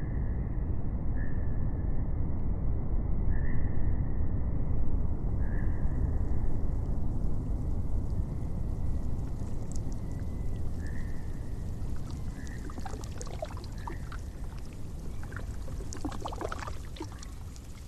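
A steady, dense low rush of water fills the whole recording, rough and churning like a pouring stream. A faint repeating high tone chirps about every two seconds, and after ten seconds scattered bright clicks and splashes break over the rushing.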